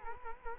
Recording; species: mosquito wingbeat signal from an infrared sensor; Culex quinquefasciatus